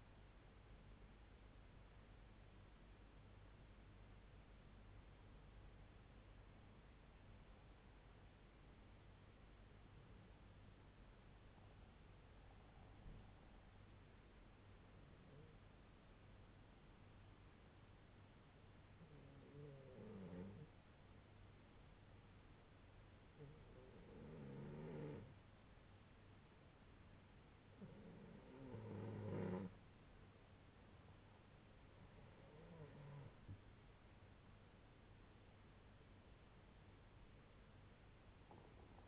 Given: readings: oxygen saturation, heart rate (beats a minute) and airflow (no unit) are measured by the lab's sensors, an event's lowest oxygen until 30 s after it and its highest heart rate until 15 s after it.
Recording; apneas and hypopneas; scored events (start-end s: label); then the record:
breathing in sleep by a voice recorder at the bedside; 1
2.00-32.00 s: new sleep stage, N2 (light sleep)
4.00-31.30 s: hypopnea (N2, oxygen 95% highest, then 89% lowest, heart rate 60 at the start, 74 highest)
32.00-39.08 s: new sleep stage, N1 (lightest sleep)
From the record:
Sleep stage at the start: N1 (lightest sleep); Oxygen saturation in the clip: 89 to 95%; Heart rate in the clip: 60 to 74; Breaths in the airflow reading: 8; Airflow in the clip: -6.8 to 7.2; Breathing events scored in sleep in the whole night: 368 in 8.0 hours asleep